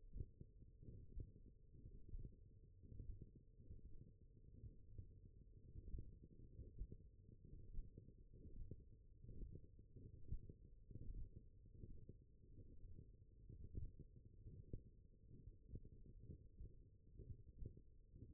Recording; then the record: forearm muscle sounds (acoustic myography)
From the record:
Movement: tripod grip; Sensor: system 1, eight BSWA MPA416 microphones around the upper forearm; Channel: 7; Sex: male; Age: 21 years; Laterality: right